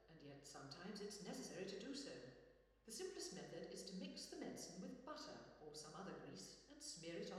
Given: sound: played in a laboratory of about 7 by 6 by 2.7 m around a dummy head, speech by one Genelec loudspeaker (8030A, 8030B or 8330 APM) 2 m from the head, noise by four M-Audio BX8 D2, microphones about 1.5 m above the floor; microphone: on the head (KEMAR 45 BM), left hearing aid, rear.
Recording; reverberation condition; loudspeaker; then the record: female speech in English; high; 120 degrees to the left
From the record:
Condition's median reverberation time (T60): about 1300 ms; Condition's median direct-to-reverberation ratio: about -4.0 dB